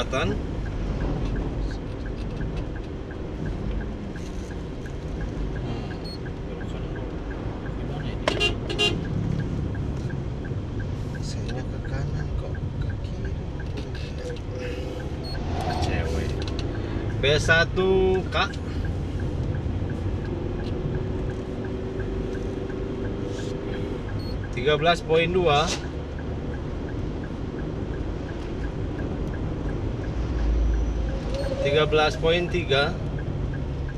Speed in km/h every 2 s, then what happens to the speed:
46, 46, 46, 45, 45, 45, 45, 45, 45, 45, 45, 46, 48, 49, 50, 51, 51.
0-34 steady at about 46.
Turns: none.